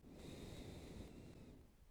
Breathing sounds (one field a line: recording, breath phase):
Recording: one breath near a microphone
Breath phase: exhalation